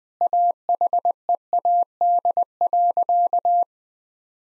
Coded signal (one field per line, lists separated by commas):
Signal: Morse code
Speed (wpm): 21 wpm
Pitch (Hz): 700 Hz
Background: none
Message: AHEAD.